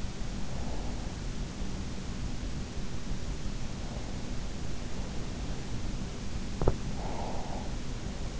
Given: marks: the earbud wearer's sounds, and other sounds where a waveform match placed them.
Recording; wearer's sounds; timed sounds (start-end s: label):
sounds in sleep by an in-ear microphone; breath, teeth grinding
0.44-1.72 s: breath
3.88-5.62 s: breath
6.58-7.90 s: teeth grinding
7.12-8.40 s: breath